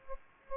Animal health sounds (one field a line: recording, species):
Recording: mosquito wingbeat signal from an infrared sensor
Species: Aedes aegypti